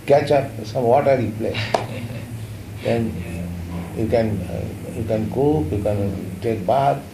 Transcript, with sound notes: catch up some watery place. [laughter] Then you can cook, you can take bath,